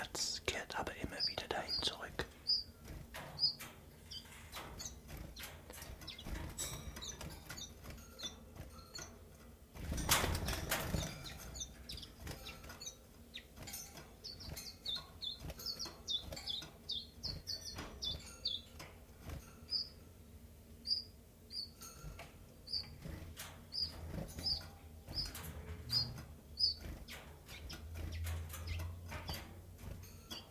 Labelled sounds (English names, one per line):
Common Chiffchaff